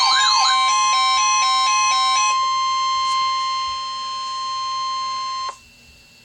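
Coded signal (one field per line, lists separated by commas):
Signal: Emergency Alert System (SAME) tones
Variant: 1050 Hz attention tone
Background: music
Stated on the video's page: Tornado watch activations received on two NOAA Weather Radio stations, issued by the Storm Prediction Center.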